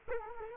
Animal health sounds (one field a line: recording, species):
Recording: mosquito wingbeat signal from an infrared sensor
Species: Culex quinquefasciatus